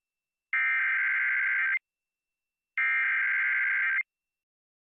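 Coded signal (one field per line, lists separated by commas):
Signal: Emergency Alert System (SAME) tones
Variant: header bursts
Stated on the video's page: First tornado warning of 2023 for the uploader's area.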